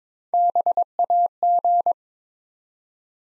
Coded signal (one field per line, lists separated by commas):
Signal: Morse code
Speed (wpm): 22 wpm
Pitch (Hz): 700 Hz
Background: none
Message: BAG